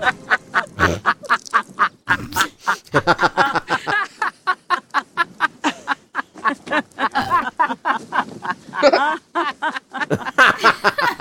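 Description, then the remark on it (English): Geese honk in a rapid, noisy chorus, with harsh nasal calls tumbling over one another in short bursts, in the 2006 film The Wicker Man. The calls stay loud and steady for about eleven seconds with no pauses. “That sounds like geese. Just actual geese.”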